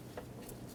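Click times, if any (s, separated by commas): none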